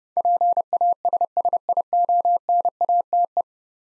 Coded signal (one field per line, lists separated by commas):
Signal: Morse code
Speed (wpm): 29 wpm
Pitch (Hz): 700 Hz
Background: none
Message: PASSIONATE